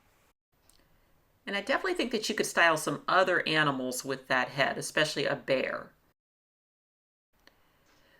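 Clicks at 0.7 s and 0.8 s as the second side of a card-stock paper face is slotted into the notch at the bottom of a pop-up head in a card and pulled through the top of the slot until it clicks and seats. Someone then talks from about 1.5 to 6 seconds, and a faint tick follows near 7.5 seconds.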